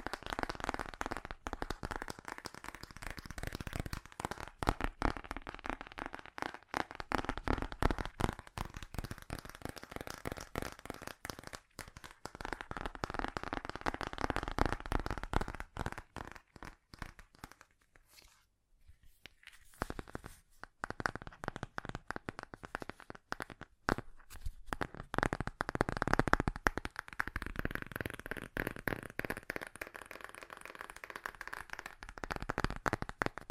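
Fast tapping runs almost the whole way through, a dense stream of quick, sharp clicks with a crackly, papery texture like riffled cards. The rhythm surges and thins, dropping to sparse scattered taps around 17–20 seconds before picking back up toward the end.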